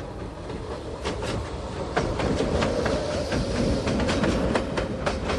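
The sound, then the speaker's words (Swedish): A modern, non-steam train rushes past at speed at a railway crossing where the barriers are down and cars wait. A steady loud roar of rumbling wheels is broken by rapid, irregular clickety-clack beats over the rails, with no voices. “Och titta, där kommer ju tåget. Ja. Och vad fort det kör.”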